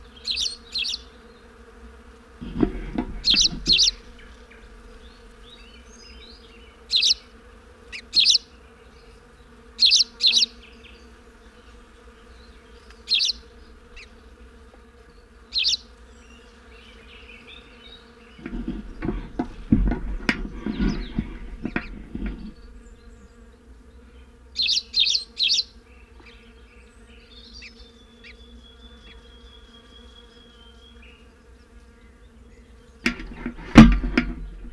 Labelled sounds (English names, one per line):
Spanish Sparrow call